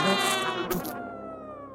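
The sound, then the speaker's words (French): A mosquito's thin, whining buzz drones steadily for the whole stretch, its pitch wavering slightly, with a short noisy burst partway through and no voices. “Mais, oh, mais qu'est-ce qu'il y a, le moustique ?”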